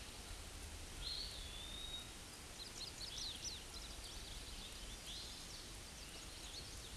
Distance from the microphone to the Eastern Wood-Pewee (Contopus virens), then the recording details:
about 85 m. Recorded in a Pennsylvania forest on 18 May 2023 at 06:46. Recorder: AudioMoth, point grid1_33_low. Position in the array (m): 126 m, 175 m